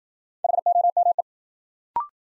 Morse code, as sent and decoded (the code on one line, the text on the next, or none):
.... --- -- .
HOME